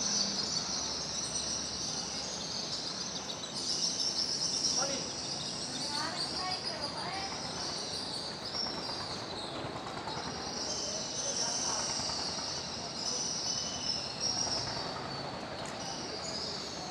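Swiftlets nesting in the concrete corners beneath a market bridge fill the air with a dense, steady, high-pitched chatter that never lets up. Clusters of lower rising and falling calls stand out around five to eight seconds and again near eleven seconds.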